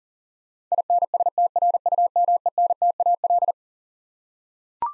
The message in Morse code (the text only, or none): INSTRUMENTAL